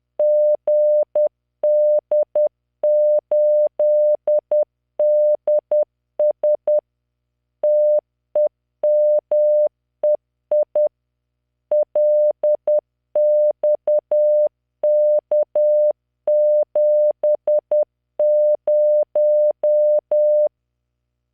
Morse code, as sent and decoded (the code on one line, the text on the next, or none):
--. -.. ---.. -.. ... / - . -- . .. / .-.. -..- -.- --... -----
GD8DS TEMEI LXK70